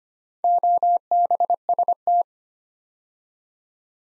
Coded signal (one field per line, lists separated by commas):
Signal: Morse code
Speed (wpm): 25 wpm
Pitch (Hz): 700 Hz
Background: none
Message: OBST